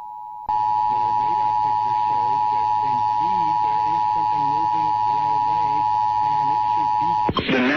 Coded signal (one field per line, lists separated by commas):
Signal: Emergency Alert System (SAME) tones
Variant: 853 and 960 Hz attention tone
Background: speech